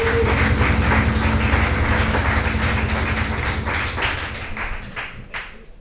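A crowd applauds in a dense, steady wash of clapping that stays loud for several seconds, then thins and tapers off toward the end, with no one speaking.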